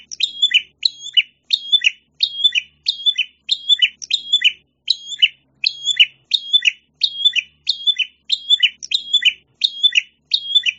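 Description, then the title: Prinia singing bright, high-pitched phrases of quick chips ending in a dropping note, given over and over at an even, brisk pace; background silent. "prenjak"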